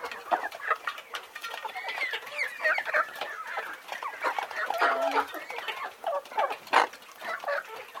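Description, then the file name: Birds calling in a dense, overlapping chorus of short harsh and clucking notes, busy and continuous throughout with frequent sharp peaks. "uccelli birds"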